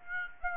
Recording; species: mosquito wingbeat signal from an infrared sensor; Aedes aegypti